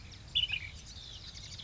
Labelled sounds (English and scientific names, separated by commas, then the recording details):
Ash-throated Flycatcher (Myiarchus cinerascens)
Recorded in Sonoma County, California